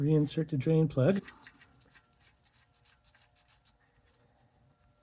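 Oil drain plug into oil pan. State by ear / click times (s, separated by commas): not seated / none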